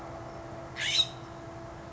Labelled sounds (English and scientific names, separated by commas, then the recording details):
California Scrub-Jay (Aphelocoma californica)
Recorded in Sonoma County, California